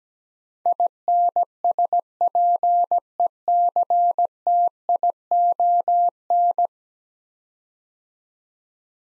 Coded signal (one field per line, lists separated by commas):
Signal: Morse code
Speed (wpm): 17 wpm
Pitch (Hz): 700 Hz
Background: none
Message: INSPECTION